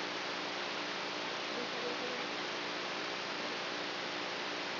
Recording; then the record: brain microelectrode recording played as sound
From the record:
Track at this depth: outside the subthalamic nucleus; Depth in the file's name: 0.407 mm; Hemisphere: right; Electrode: 3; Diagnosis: Parkinson's disease